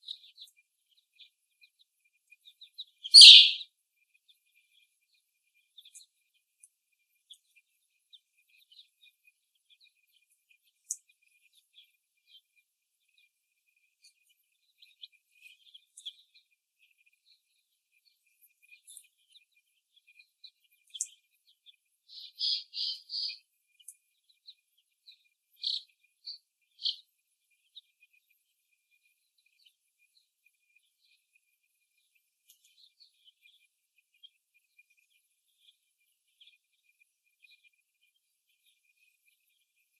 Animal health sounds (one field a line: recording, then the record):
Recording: young laying hens in a cage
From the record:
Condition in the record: before the stressor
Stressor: simulated dog barking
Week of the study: 1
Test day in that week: 1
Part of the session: 1